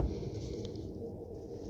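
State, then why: Seated. A brake light bulb socket on a 2005 Toyota Corolla 1.8 is pressed flush into the plastic tail light housing and turned until it locks. A single short, sharp click sounds at 0.7 s over a steady low background rumble. The socket is seated and locked in place.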